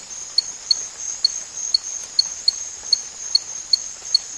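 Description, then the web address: Spot-legged poison frog: a series of about ten short, high peeps at a quick pace over a continuous high hiss. Recorded in the Ecuadorian Amazon. "Natures Songs. Frogs of Ecuadorian Amazon Epipedobates pictus"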